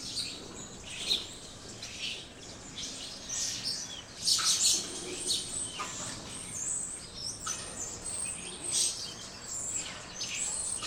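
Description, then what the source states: Birds chirping, many high twittering notes crowding together, with brief louder chirps around one, four and a half, and nine seconds. Birds in a tree.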